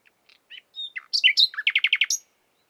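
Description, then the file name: Common nightingale singing a short phrase of scattered, varied notes, then five quick, loud repeated notes and a final high note. "Luscinia megarhynchos"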